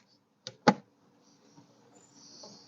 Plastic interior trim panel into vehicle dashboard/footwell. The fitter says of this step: just follow where the little feet are and they are going to clip nicely back into the vehicle with a nice satisfying click